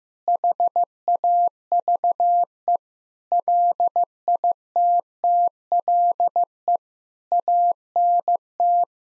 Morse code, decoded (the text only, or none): HAVE LITTLE ANT